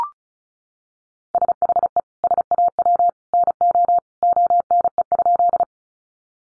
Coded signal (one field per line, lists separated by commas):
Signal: Morse code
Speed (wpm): 34 wpm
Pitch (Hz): 700 Hz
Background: none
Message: SHE SAW NO ONE?